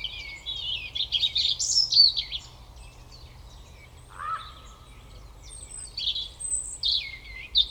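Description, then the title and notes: European robin delivering varied high warbling phrases, pausing, then adding a lower liquid note and further thin twittering strophes. Koniówka, Lesser Poland, Poland; Zoom F3 recorder with Usi Pro drop rig. "Koniówka, województwo małopolskie, Polska - Robin, King of the Petland. Recordist: Maciej Wirmański"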